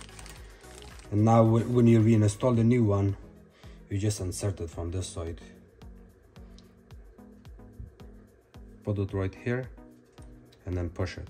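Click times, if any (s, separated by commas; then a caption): none. A new plastic light bulb socket is brought to a Zephyr vent hood housing and lined up from the correct side before being pushed in, while someone talks over background music with a steady beat of soft ticks. Nothing has seated or clicked yet.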